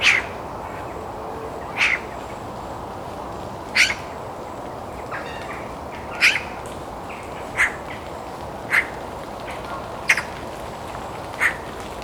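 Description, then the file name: Eurasian magpie calling with repeated dry, grating single notes at uneven intervals, over steady low-pitched background noise. "Pica pica"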